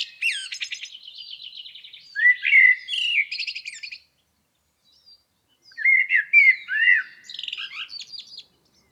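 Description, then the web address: Blackbird song: mellow warbled phrases ending in squeaky twittering, two bursts separated by a short silence. "Environmental chamber testing blackbird"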